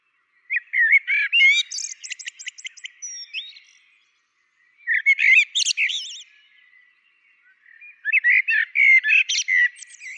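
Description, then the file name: Common blackbird song in three phrases separated by pauses, each starting with mellow whistles; the first two end in rapid, thin squeaky twittering and the last is cut off. "Turdus merula"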